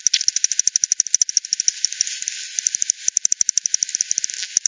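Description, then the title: Bat echolocation clicks made audible: evenly spaced tapping pulses, quieter for a moment in the middle, then resuming. Multiple bats by the Hogsmill River at Hogsmill Lane, 7 October 2020 at 18:10; frequency-division bat detector recording (divide by 10), bandpass filtered and resampled. "WW bat 20201007 T 18 : 10 Z-Hogsmill-Lane-Hogsmill-River-multiple-bats"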